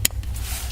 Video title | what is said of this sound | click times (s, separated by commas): Blackout Module Installation | then I'll install this here into the module and hear that click | 0.1 s